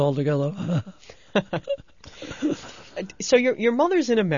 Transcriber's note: they laugh